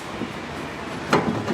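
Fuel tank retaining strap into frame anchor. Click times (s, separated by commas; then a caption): 1.1 s. During a fuel pump replacement on a 2000–2006 Chevrolet Silverado, Suburban, Tahoe, or GMC Yukon XL or Sierra, a metal fuel tank retaining strap is worked into its anchor point on the frame. Over a steady low background, a single sharp click sounds at 1.1 seconds as the strap seats home in its anchor.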